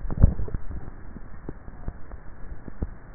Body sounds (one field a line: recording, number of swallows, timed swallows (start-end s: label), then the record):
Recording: swallowing sounds by neck microphone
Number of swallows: 1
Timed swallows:
0.22-0.89 s: swallow
From the record:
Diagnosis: dysphagia